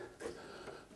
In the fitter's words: locks in place